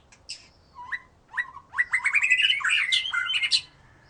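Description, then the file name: White-rumped shama song: a few scattered notes build into a loud, rich run of rapid slurred whistles lasting about two seconds. "murai batu"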